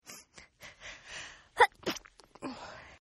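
Several soft breathy inhalations build up, then a sharp, muffled burst comes at about 1.6 seconds, followed by brief gasping breaths. This is a stifled sneeze by an adult woman.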